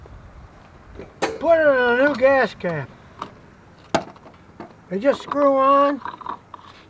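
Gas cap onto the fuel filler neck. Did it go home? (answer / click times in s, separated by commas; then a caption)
yes / 6.3 s, 6.5 s. A new gas cap is screwed onto the fuel filler neck and turned until its ratchet clicks. Someone talks, then sharp ratchet clicks are heard at 6.3 s and 6.5 s, showing the cap is tightened.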